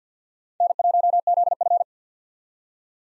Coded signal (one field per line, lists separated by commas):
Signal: Morse code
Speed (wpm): 48 wpm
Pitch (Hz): 700 Hz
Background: none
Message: N1ZF